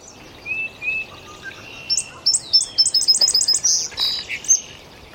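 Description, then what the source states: Indigo Bunting song: a quick series of many high, bright notes. Singing up in a maple by a marsh in spring, 23 May 2014; migrant not nesting there, probably flew up from the south overnight, dropped in early morning; high-pitched, every phrase repeated.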